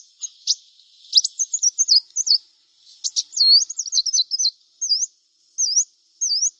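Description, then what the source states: Brown-throated Sunbird singing high, squeaky slurred notes with sharp clicks, a quick tumbling phrase, then several separate V-shaped whistles. Local name kolibri kelapa; described as gacor, singing vigorously.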